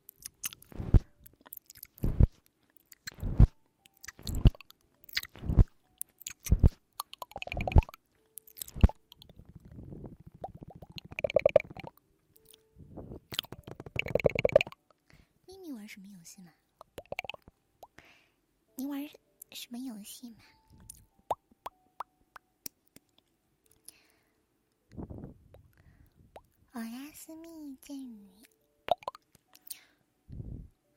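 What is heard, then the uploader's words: Close, wet mouth sounds right at the ear: sharp smacks and pops every second or so for the first eight seconds, then longer squishy, slurping bursts. Later come softer clicks, gurgles and brief breathy moans, with a few scattered pops near the end. ASMR Relaxing Ear Eating Sleep Time.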